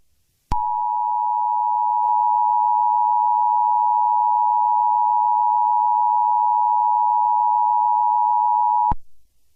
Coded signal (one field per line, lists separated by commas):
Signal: Emergency Alert System (SAME) tones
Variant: 853 and 960 Hz attention tone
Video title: EAS Scenario #37: Chemical Spill Chaos